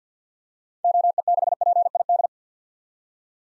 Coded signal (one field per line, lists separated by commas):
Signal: Morse code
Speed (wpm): 49 wpm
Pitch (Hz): 700 Hz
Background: none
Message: OE6PID